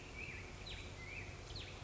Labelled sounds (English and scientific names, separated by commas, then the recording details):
Black-headed Grosbeak (Pheucticus melanocephalus)
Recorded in Sonoma County, California